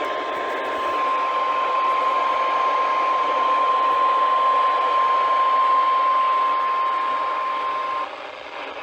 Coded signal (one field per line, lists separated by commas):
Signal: Emergency Alert System (SAME) tones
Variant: 1050 Hz attention tone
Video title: A Night of Severe DXing- EAS Alerts from 6/15/2022 (EAS#533-561)